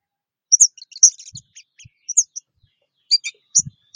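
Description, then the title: Orange-headed thrush singing sparse, very high squeaky chirps and twitters, interrupted by a few soft low knocks. "Anis Merah"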